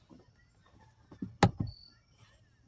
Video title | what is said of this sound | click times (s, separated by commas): window switch troubleshoot and repair | you'll feel it kind of Click into place back there | 1.4 s